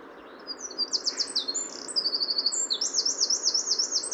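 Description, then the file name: Eurasian wren song starting after a brief pause, building into a fast stream of shrill trills and warbling notes that continues strongly to the end. "Troglodytes troglodytes"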